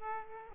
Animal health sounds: mosquito wingbeat signal from an infrared sensor; Aedes aegypti

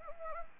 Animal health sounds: mosquito wingbeat signal from an infrared sensor; Anopheles arabiensis

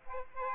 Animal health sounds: mosquito wingbeat signal from an infrared sensor; Aedes aegypti

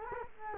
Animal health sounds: mosquito wingbeat signal from an infrared sensor; Culex quinquefasciatus

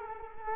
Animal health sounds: mosquito wingbeat signal from an infrared sensor; Culex quinquefasciatus

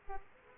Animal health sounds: mosquito wingbeat signal from an infrared sensor; Aedes aegypti

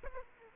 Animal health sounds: mosquito wingbeat signal from an infrared sensor; Aedes aegypti

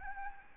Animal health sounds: mosquito wingbeat signal from an infrared sensor; Aedes albopictus

